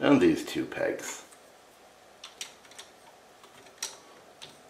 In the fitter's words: this cover can be a little tricky to snap into place Tinker with it and you'll get it